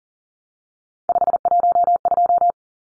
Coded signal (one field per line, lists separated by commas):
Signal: Morse code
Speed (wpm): 40 wpm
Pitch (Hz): 700 Hz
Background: none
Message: 512